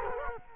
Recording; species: mosquito wingbeat signal from an infrared sensor; Culex quinquefasciatus